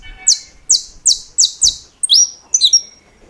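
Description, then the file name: Saffron finch song: five crisp, high, down-slurred notes, then two longer, more complex phrases. "Canto-do-Canário-da-Terra"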